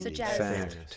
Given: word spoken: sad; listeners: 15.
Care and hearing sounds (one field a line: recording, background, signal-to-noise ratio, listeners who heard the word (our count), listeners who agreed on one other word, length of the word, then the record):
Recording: one English word in noise, from a listening test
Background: four-talker babble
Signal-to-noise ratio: -2.2 dB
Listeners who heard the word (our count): 0 of 15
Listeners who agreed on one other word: 6 of 15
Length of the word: 0.57 s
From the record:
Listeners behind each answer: 6, 2, 1, 1, 1, 1, 1, 1, 1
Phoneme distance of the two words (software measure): 41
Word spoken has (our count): 1 syllable, 3 phonemes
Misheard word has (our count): 2 syllables, 6 phonemes, stress on syllable 2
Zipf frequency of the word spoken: 4.81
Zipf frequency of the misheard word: 4.63